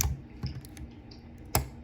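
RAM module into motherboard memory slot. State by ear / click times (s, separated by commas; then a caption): seated / 0.0 s, 1.5 s. A RAM module is pressed down into a motherboard DIMM memory slot until the retention clips on each end snap closed. A sharp click sounds at 0.0 s and another at 1.6 s, with fainter ticks around 0.5 s and 0.8 s in between. The stick ends up seated in the slot.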